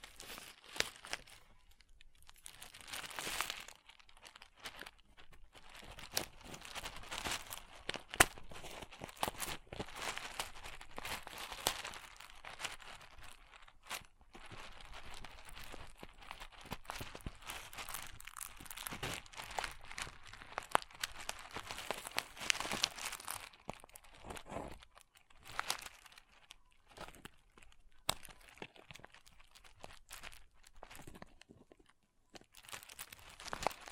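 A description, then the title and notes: Crunchy slime being squeezed and worked, giving dense runs of crackling, crinkly pops through most of the 34 seconds. The texture is bright and grainy, with sharper snaps standing out, and it thins into brief quieter gaps around 14, 25 and 32 seconds. ASMR Satisfying Crunchy Slime (No Talking).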